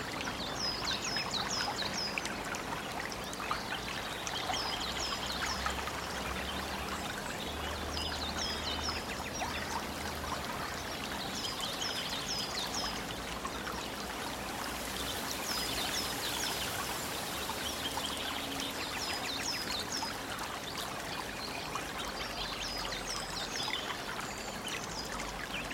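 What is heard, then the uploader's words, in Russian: A stream murmurs steadily throughout, a dense, even wash of flowing water. Birds sing over it in repeated bright, twittering phrases that come and go every few seconds. A faint low rumble drifts in and out underneath. Глубокий Лес - Спокойные Звуки Природы для Глубокого Сна.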